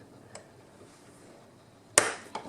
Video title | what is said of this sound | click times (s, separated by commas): 2009 Timex Weekender Battery Change | and you press it to get your case to snap into place. | 2.0 s